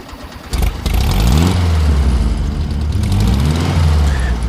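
A small green beetle car's engine catches and runs loudly, its low throaty drone wavering up and down in pitch as the revs rise and ease off, with no voices.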